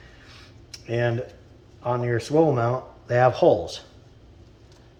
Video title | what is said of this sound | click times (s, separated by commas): C7 corvette side mirror housing tear down and reassemble. | one here gets like that you'll hear it snap in | 0.7 s